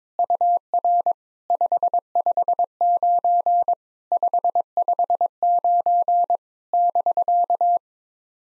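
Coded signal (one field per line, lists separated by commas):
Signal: Morse code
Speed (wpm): 23 wpm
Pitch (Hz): 700 Hz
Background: none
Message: UR 559 559 <BK>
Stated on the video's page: Generated Morse at 22wpm of SOTA summit QSO exchanges for practice, each sent, spoken, then sent again.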